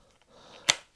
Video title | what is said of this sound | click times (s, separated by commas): A BETTER solution than OTG goggles and here is why | and it clicks into place just like so. | 0.7 s